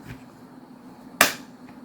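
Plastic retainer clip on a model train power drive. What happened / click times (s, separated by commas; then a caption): The plastic retainer clip snapped into place / 1.2 s. A plastic retainer clip on the Power Torque drive of a Tyco Grand Trunk (GT) Alco C430 model locomotive, bowing and not fully set, is pressed again. After a quiet background, it snaps into place with one sharp, loud click at 1.2 s. The clip is confirmed seated.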